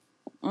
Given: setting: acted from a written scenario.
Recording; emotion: vocal sound without words; contempt